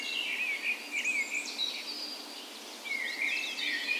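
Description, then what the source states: Birds: several singing at once in a birds, quick high twittering notes and short whistles in bursts, with a quieter gap midway. Birds' spring birds on the morning of 17 May, Norway's National Day, in a park west in Bergen, Norway; recorded with a Sony PCM A10 and LOM micro Usi mics as tree ears.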